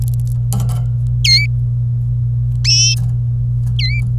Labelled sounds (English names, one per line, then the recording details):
Domestic Canary song
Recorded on 25 April 2018 at 17:00
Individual llb3